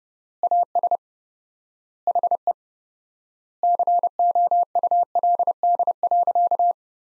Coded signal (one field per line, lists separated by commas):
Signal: Morse code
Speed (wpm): 32 wpm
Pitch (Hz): 700 Hz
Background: none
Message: AS HE COULD.